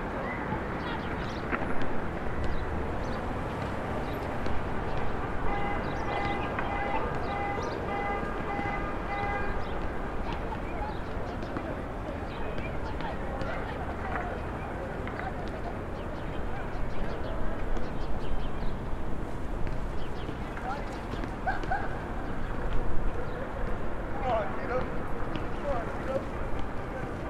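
Rooftop street ambience over Starr Street and Irving Avenue in Brooklyn, facing Maria Hernandez park: a steady low traffic rumble with scattered voices and short clicks throughout. Between about five and ten seconds a repeating tonal beeping pattern sounds, and the din swells around twenty-three seconds.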